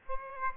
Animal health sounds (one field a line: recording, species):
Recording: mosquito wingbeat signal from an infrared sensor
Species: Aedes aegypti